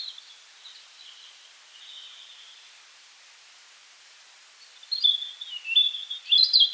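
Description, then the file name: European robin song: thin, high warbled phrases, faint and wavering at first, then louder, varied twittering phrases over the last two seconds against a steady hiss. "rotkehlchen"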